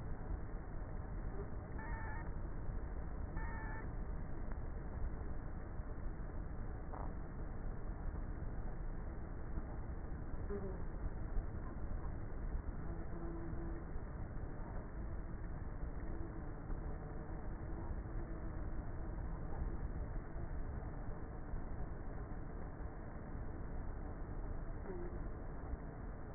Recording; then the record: honeybee colony, microphone inside the hive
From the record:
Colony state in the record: queenless with a low population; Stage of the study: before two queens were removed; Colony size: about 30,000 bees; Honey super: no